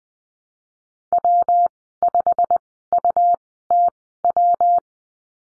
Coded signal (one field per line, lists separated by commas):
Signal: Morse code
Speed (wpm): 19 wpm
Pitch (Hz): 700 Hz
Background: none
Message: W5UTW